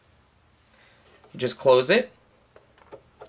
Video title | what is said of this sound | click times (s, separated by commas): SHOULD I BUY THE CRICUT EXPLORE-PART 1 | and then you're going to hear it snap in. | 0.7 s